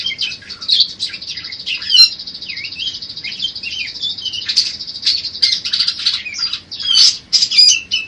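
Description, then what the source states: Bird song: rapid, high warbling with rattling trills and sharp squeaky notes, delivered in varied bursts of fluctuating loudness. Master recording for training songbirds.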